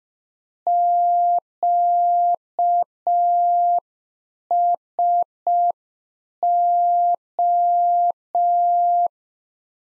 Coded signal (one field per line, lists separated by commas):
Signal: Morse code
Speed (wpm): 5 wpm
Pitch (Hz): 700 Hz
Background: none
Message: QSO